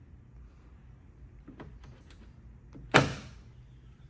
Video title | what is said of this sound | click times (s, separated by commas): Lexus IS 350 door handle removal | once you have that shift you'll hear a snap now that snap is just the hook to | 3.0 s